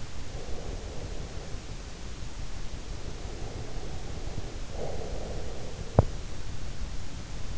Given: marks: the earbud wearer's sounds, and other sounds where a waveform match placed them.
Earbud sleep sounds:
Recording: sounds in sleep by an in-ear microphone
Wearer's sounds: breath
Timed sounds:
0.20-2.29 s: breath
2.95-6.18 s: breath

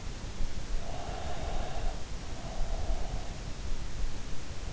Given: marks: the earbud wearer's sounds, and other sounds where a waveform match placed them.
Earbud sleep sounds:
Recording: sounds in sleep by an in-ear microphone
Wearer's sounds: breath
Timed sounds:
1.17-3.23 s: breath

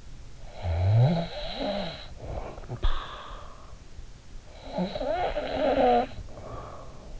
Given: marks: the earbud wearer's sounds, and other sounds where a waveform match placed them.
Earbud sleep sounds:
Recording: sounds in sleep by an in-ear microphone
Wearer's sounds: snoring breath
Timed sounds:
0.49-3.72 s: snoring breath
4.53-7.20 s: snoring breath

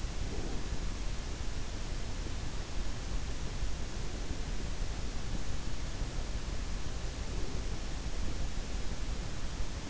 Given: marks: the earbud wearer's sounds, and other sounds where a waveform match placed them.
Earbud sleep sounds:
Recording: sounds in sleep by an in-ear microphone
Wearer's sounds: breath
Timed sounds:
0.00-0.97 s: breath

